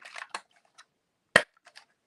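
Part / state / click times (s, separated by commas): plastic vehicle part into vehicle body / seated / 1.4 s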